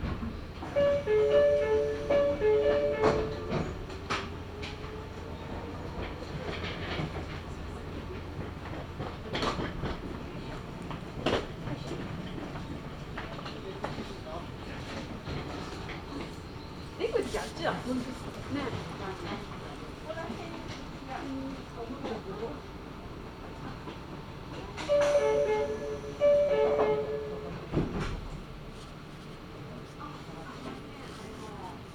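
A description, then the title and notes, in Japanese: A ride on the Meitetsu Gamagori Line from Gamagori to Kira-Yoshida, with a steady rumble of the train car throughout. Tonal whines and squeals rise near the start and again around 25 seconds, while sharp clanks and knocks recur every few seconds over faint voices. 名古屋鉄道 蒲郡線 蒲郡→吉良吉田。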